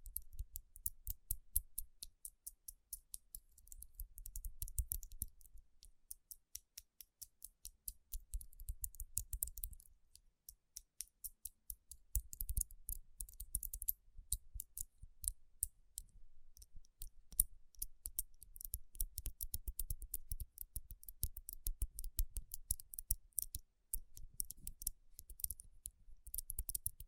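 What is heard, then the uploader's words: Tapping and rubbing on rhinestone-covered palms makes dense, crisp clicks and crackles that run almost nonstop for the whole stretch. Soft low thumps swell in and out in bursts, and the glittery ticking grows busier and brighter in the second half. Tapping & Rubbing Rhinestone Covered Palms.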